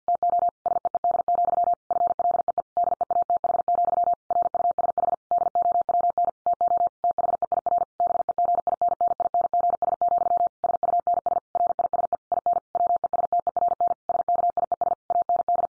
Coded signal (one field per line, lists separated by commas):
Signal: Morse code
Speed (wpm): 50 wpm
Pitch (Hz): 700 Hz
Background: none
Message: TO SEED, FLEE DEATH, RUSH DOWN TO THEIR BEGINNINGS, SUNS RISE IN WESTERN SKIES AND